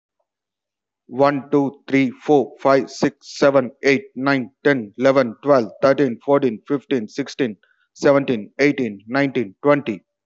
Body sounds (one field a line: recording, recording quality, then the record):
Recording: counting at a fast pace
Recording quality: excellent, no background noise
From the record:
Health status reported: healthy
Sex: male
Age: 34 years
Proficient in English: yes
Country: India